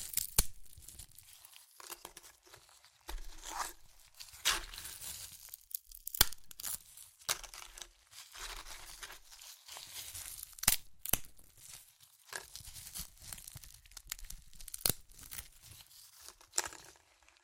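Crunchy chips being crushed and eaten, with irregular bursts of crisp, bright crackling and crinkling throughout. Sharp snaps punctuate the stream every second or two, strongest around 0.4, 6.2, 10.7 and 15 seconds, with brief quieter gaps between bites.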